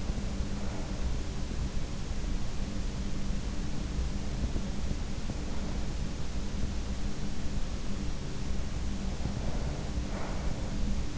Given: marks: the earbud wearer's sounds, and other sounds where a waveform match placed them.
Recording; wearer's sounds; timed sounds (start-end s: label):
sounds in sleep by an in-ear microphone; breath
0.00-1.75 s: breath
8.85-11.18 s: breath